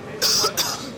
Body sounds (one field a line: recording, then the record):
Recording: coughing mixed with background sound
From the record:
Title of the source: November cold (wet coughing)